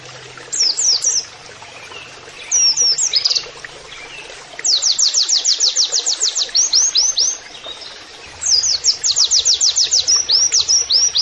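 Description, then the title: White-eye song: bursts of rapid, high, sweeping trilled notes in several phrases separated by short pauses, with a faint low hum beneath. Masteran (training) recording of a gacor (persistently singing) white-eye (pleci) delivering canary-like phrases (nembak kenarian). "Pleci Gacor. MASTERAN PLECI NEMBAK KENARIAN"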